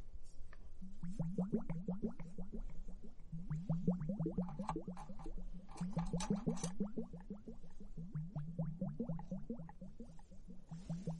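Foamy bubbles fizz and pop steadily in a dense, continuous stream, with low gurgling underneath and quick rising pops repeating several times a second. Bursts of brighter crackle appear around the fourth to seventh seconds and again near the end.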